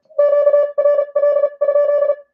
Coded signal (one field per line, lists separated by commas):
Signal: Morse code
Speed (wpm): 35 wpm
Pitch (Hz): 1160 Hz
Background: none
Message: QRL?